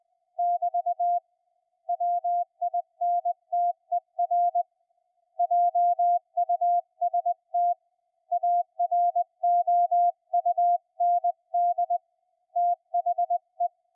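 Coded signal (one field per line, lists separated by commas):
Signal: Morse code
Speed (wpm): 20 wpm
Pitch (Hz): 690 Hz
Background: music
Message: <BT> WINTER JUST AROUND THE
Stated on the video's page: CW on a SunSDR2 with noise reduction, noise blanker, audio peak filter and RF gain toggled on and off.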